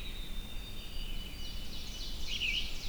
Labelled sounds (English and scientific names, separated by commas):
Ovenbird (Seiurus aurocapilla) song